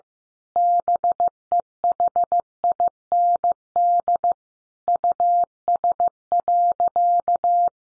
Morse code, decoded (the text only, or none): BEHIND US.